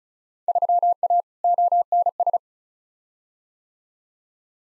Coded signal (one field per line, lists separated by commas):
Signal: Morse code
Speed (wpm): 36 wpm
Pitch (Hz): 700 Hz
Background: none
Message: 3A ONS